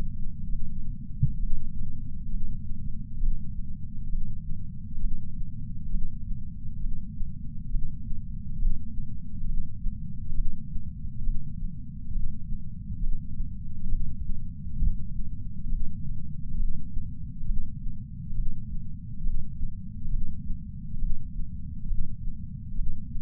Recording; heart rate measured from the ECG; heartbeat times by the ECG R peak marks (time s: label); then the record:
heart sounds by patch sensor on the chest; 67 bpm
0.48 s: heartbeat
1.38 s: heartbeat
2.29 s: heartbeat
3.18 s: heartbeat
4.09 s: heartbeat
4.99 s: heartbeat
5.90 s: heartbeat
6.80 s: heartbeat
7.70 s: heartbeat
8.57 s: heartbeat
9.45 s: heartbeat
10.34 s: heartbeat
11.23 s: heartbeat
12.11 s: heartbeat
12.99 s: heartbeat
13.88 s: heartbeat
14.78 s: heartbeat
15.68 s: heartbeat
16.56 s: heartbeat
17.45 s: heartbeat
18.34 s: heartbeat
19.22 s: heartbeat
20.09 s: heartbeat
20.98 s: heartbeat
21.86 s: heartbeat
22.74 s: heartbeat
From the record:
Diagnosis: coronary artery disease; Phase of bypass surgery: postoperative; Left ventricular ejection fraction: 66.9%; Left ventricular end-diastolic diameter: 46 mm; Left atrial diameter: 29 mm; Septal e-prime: 7.1 cm/s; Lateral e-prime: 13.1 cm/s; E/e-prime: 6.9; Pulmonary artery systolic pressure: 30 mmHg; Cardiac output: 7.9 L/min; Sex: male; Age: 62 years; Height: 172 cm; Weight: 60 kg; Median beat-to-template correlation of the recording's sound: 0.92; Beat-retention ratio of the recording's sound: 1.00